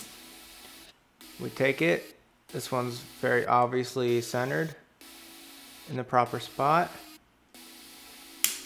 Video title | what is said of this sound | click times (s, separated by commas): Pokémon Mewtwo Opening | snap those pieces together and there you go | 8.4 s